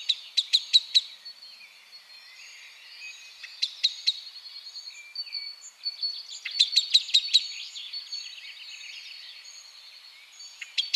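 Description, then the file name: Common blackbird giving sharp clicking calls in quick bursts, repeated several times, over softer high twittering. "Turdus merula"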